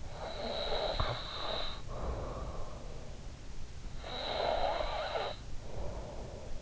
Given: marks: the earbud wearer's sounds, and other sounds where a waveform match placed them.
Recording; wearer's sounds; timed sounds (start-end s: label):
sounds in sleep by an in-ear microphone; snoring breath
0.06-3.47 s: snoring breath
3.98-6.62 s: snoring breath